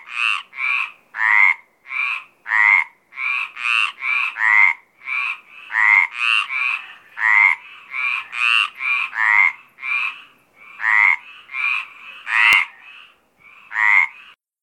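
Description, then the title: Mediterranean tree frogs calling in a dense chorus, rasping croaks tumbling over each other in quick runs, with a brief pause near the end. Mediterranean tree frogs calling at Apt, Vaucluse, in April 2010. "Sylvain Jaskowiak - Animus. Rainettes méridionales - Apt, Vaucluse - avril 2010"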